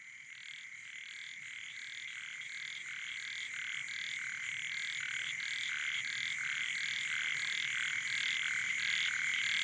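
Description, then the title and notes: Frogs and toads: a dense night chorus of rapid pulsed croaks repeating about four times a second over a steady high drone, gradually growing louder. Wild night chorus on the shore of Boeng Thum lake, Cambodia, around 23:00 on 12 December 2018, as human noise fades. "Soirée aux batraciens - Cambodge. 12 décembre 2018 Sur le bord du lac "Boeng Thum" vers 23h00 au moment ou le silence des hommes laisse place au monde sauvage"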